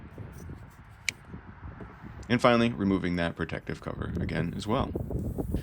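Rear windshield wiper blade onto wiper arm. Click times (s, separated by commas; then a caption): 1.1 s. A rear windshield wiper blade on a 2022 Subaru Outback is twisted back down and pushed onto the wiper arm's mount, snapping into place with a single sharp click at 1.1 s. Someone then talks over low background noise.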